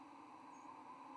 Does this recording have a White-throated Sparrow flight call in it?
yes